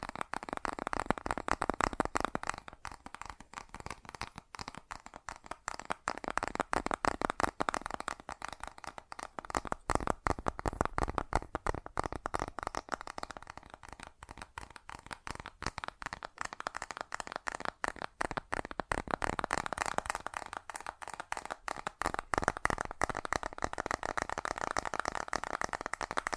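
Fast tapping in a dense, unbroken stream of quick, crisp clicks that sounds close to shuffling cards or rattling. The pace stays rapid throughout, with the texture shifting slightly between lighter, thinner stretches and fuller, busier ones around 14 and 21 seconds.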